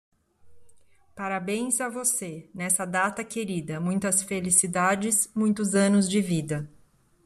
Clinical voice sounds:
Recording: short text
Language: Brazilian Portuguese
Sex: female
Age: 40 to 49 years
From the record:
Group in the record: control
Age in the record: 44 years

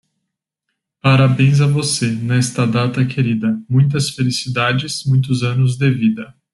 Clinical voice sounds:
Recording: short text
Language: Brazilian Portuguese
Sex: male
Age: 20 to 29 years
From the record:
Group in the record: control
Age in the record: 26 years

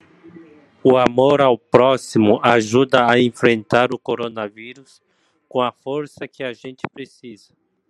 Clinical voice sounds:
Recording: spoken sentence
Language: Brazilian Portuguese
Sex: male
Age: 40 to 49 years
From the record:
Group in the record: control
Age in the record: 47 years

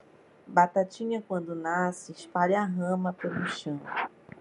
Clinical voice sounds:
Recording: short text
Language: Brazilian Portuguese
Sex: female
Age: 40 to 49 years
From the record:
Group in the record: control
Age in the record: 41 years

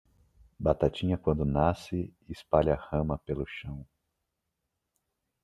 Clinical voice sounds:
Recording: short text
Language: Brazilian Portuguese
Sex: male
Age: 30 to 39 years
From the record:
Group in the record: control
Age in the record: 36 years

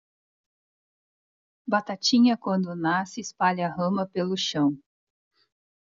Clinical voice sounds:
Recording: short text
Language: Brazilian Portuguese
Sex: female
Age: 40 to 49 years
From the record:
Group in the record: control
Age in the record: 44 years

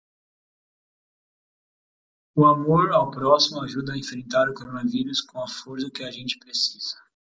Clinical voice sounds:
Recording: spoken sentence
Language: Brazilian Portuguese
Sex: male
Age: 30 to 39 years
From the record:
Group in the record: control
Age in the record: 30 years

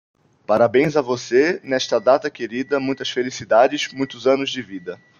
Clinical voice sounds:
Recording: short text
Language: Brazilian Portuguese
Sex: male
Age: 20 to 29 years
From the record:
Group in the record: control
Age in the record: 22 years

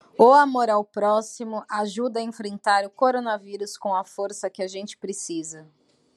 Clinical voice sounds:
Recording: spoken sentence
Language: Brazilian Portuguese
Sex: female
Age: 30 to 39 years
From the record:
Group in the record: control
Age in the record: 35 years

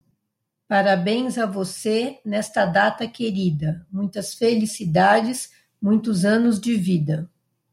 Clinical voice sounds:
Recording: short text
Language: Brazilian Portuguese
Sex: female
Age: 50 to 59 years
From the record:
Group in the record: control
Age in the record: 52 years

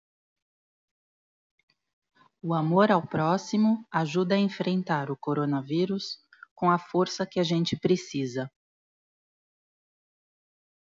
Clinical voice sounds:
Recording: spoken sentence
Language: Brazilian Portuguese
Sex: female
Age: 30 to 39 years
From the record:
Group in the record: control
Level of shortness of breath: 0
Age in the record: 38 years

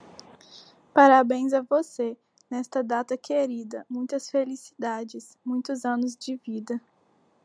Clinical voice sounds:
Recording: short text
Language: Brazilian Portuguese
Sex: female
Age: 20 to 29 years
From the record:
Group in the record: control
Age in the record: 21 years

